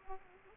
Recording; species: mosquito wingbeat signal from an infrared sensor; Aedes aegypti